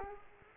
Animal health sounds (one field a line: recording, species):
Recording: mosquito wingbeat signal from an infrared sensor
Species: Culex quinquefasciatus